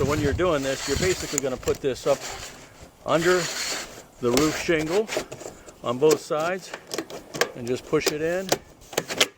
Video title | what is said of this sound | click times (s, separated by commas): 13 Years Later: Do Amerimax Gutter Guards Actually Work? | they just snap in place. | 9.0 s, 9.2 s